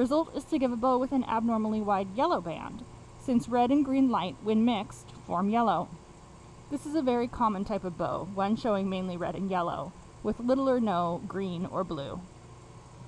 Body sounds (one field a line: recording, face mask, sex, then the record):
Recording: reading aloud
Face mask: surgical mask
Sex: female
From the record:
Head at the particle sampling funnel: facing it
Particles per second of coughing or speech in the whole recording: 0.448